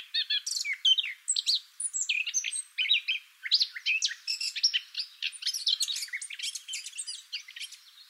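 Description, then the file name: Eurasian blackcap song, a fast, busy warble of scratchy and sweet notes tumbling together without pause over eight seconds. "Sylvia atricapilla"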